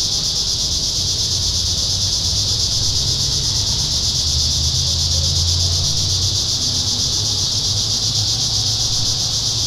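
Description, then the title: Cicada chorus, a steady shrill buzz with a low hum beneath it. Cicadas singing in town. "neoscenes: cicadas in town"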